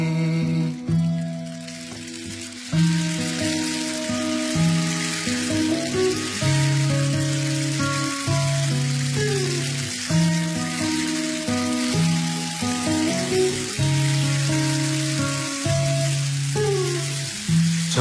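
Steady, dense rain hisses throughout, a continuous crackling patter layered over slow music with sustained mellow notes and no voices.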